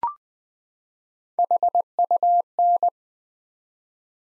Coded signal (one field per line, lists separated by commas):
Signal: Morse code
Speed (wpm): 20 wpm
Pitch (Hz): 700 Hz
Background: none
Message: HUN